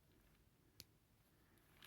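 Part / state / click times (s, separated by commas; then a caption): plastic figure section snapping into the vehicle-mode body / seated / 0.8 s. A plastic section of a Transformers Studio Series Bonecrusher figure is pressed into position while the figure is converted to vehicle mode. It gives one sharp plastic click at 0.8 s as the section snaps into place in the vehicle-mode body, and it is seated.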